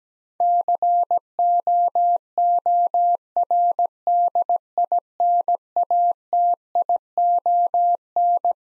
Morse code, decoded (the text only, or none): COORDINATION